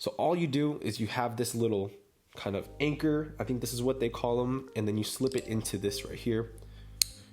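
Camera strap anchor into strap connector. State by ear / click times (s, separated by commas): seated / 7.0 s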